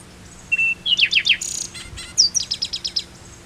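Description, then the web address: Bird call sequence: a level whistle, then a string of quick downward-sweeping chirps, a brief buzzy burst, and a final series of about seven evenly spaced high notes. "BIRD 2015 SABIOD 50 bird 2015"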